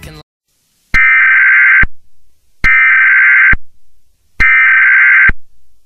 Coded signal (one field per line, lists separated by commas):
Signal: Emergency Alert System (SAME) tones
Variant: header bursts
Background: speech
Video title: Digital TV Archives #5 - EAS Test